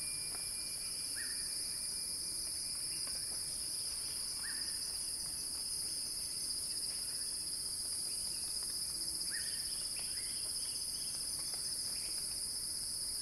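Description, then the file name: Cicadas drone in a continuous high buzz while a bird repeats short rising chirps at irregular intervals. Cicada chorus in a crescendo. "earth-fm Axel-Drioli Cicada-Crescendo-Sounding-Wild"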